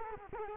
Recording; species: mosquito wingbeat signal from an infrared sensor; Culex quinquefasciatus